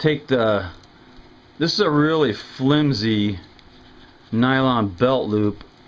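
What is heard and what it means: A Becker BK-2 heavy-duty fixed-blade camp knife is handled with its sheath, which has a flimsy nylon belt loop, while someone talks. There are quiet handling noises between the speech, and nothing has seated or clicked into the sheath yet.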